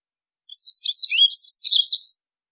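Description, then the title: White-throated seedeater song, a single rapid run of high slurred whistles and buzzy twitters lasting about a second and a half. "Canto Do Golinha"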